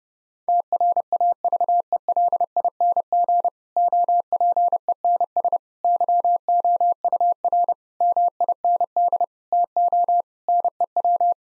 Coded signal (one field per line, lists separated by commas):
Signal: Morse code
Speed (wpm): 32 wpm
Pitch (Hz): 700 Hz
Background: none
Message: TRAVELING OPENS YOUR MIND TO NEW